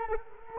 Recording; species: mosquito wingbeat signal from an infrared sensor; Culex quinquefasciatus